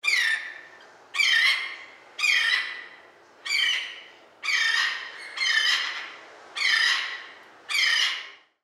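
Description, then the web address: Sandpipers squawking: eight harsh, raspy calls, repeated roughly once a second in a steady series. Several birds squawking at a zoo. "Blastwave ANIMALS Bird Sandpiper"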